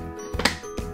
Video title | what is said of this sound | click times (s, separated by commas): UPPAbaby Vista Stroller - Multiples Mode | it snaps right into your lower adapters | 0.5 s